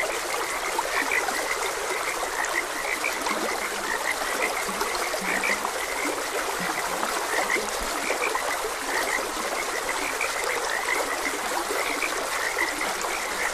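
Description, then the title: Frogs chirping in small clusters, repeating unevenly throughout, beneath the loud, even hiss of a stream. Frogs croaking beside a gentle stream. "Gentle Stream and Frogs Croaking"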